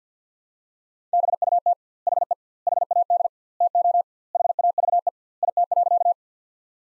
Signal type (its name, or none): Morse code